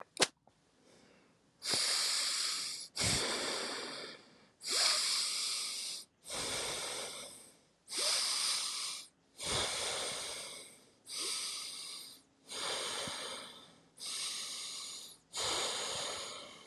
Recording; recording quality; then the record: deep breathing; excellent, no background noise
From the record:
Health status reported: healthy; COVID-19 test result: negative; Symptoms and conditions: fatigue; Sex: male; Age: 34 years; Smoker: yes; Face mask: not worn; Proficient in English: no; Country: France